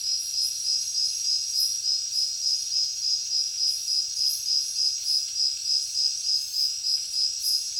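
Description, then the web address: Cricket chorus, shrill and continuous, with evenly spaced rapid pulses around three per second over a steady high ringing drone. Heavy crickets in a jungle at night. "Nature Jungle Night Heavy Crickets"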